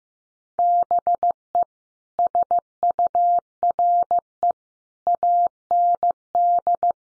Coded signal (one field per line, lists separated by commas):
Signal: Morse code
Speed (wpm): 15 wpm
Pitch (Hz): 700 Hz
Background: none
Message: BE SURE AND